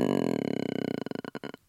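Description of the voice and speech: Adult voice, imitated by a clinician (patholinguist), demonstrating tonic stuttering: an audible block, a strained, voiced sound held at the start of speech, when one cannot get going.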